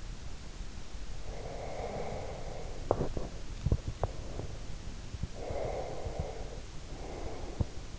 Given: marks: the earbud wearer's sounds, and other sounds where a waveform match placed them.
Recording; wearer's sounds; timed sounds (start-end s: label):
sounds in sleep by an in-ear microphone; breath, swallowing
1.19-4.62 s: breath
2.73-4.35 s: swallowing
5.25-7.99 s: breath